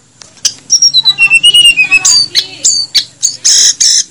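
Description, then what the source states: Snowy-browed flycatcher song: high, thin whistled notes sliding downward, then bursts of sharp buzzy chirps and dry rattles in quick succession. Masteran song for training cage birds.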